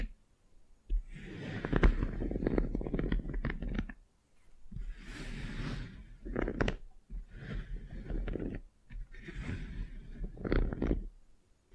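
Soft, sticky crackling and smearing sounds of wax being worked over skin in a facial spa treatment, coming in bursts of a second or two with short quiet gaps. Faint clicks and brief brighter snaps punctuate the textured rustle, over a low steady hum.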